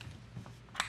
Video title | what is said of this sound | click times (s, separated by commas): Origami Foldable Computer Desk | There's the other click. | 0.8 s